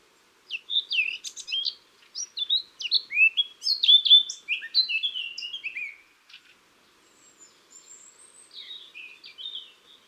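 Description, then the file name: Eurasian blackcap song: a sustained warbling phrase of quick, varied chirps and fluty whistles lasting about five seconds, followed by quieter subdued twittering. "Sylvia atricapilla"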